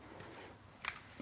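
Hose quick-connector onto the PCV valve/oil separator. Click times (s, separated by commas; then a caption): 0.9 s. On an Audi A4 B8/8.5, a PCV hose quick-connector is pushed onto the PCV valve/oil separator and snaps on with a sharp plastic click at 0.8 s. The connector is seated, and a faint tick follows near 1.2 s.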